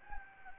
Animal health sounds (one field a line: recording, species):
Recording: mosquito wingbeat signal from an infrared sensor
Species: Anopheles gambiae